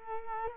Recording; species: mosquito wingbeat signal from an infrared sensor; Culex quinquefasciatus